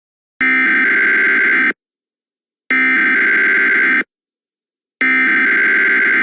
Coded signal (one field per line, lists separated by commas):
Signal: Emergency Alert System (SAME) tones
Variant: header bursts